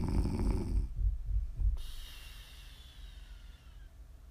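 A deep, fluttering rumble pulses rapidly for about a second and a half, then gives way to a soft, breathy rush of air that slowly fades. This is ordinary snoring from an adult woman during sleep, heard close up as ASMR.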